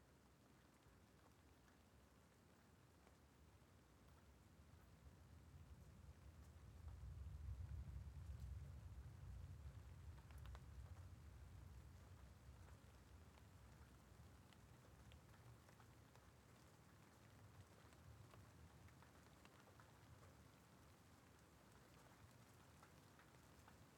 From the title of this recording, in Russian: Эпическая ночная гроза